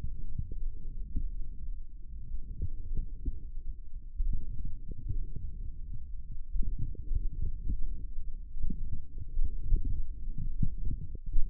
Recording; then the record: forearm muscle sounds (acoustic myography)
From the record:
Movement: forearm supination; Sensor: system 1, eight BSWA MPA416 microphones around the upper forearm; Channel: 8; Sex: male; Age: 18 years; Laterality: right